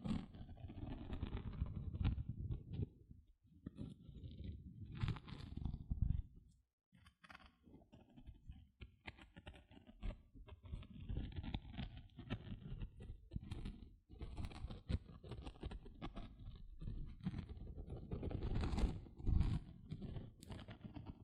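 Gentle scratching goes on almost continuously, a dense run of soft, rough strokes weighted toward the low end with fainter lighter scrapes above. Brief pauses break it near three and seven seconds, and a few sharper, brighter scratches stand out around nineteen seconds.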